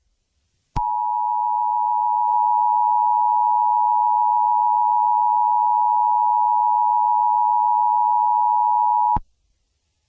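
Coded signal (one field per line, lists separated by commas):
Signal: Emergency Alert System (SAME) tones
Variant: 853 and 960 Hz attention tone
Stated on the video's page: Fictional EAS scenario.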